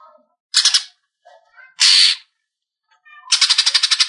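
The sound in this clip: Leafbird giving harsh, scratchy bursts separated by quiet gaps, then a quick run of rhythmic chattering notes; faint low whistles between.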